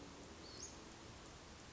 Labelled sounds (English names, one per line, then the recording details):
Western Flycatcher
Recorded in Sonoma County, California